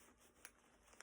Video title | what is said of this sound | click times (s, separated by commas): Modifying my Rocketeer Jacket!! #therocketeer #southbeachleather #cosplay #tipsandtricks | you can hear them snap into place. There we go. | 0.4 s, 1.0 s